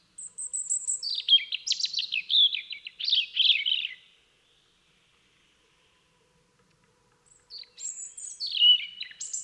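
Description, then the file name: European robin singing a scratchy descending warble, pausing about three seconds, then starting a fresh phrase of thin high whistles and twittering notes. "Erithacus rubecula"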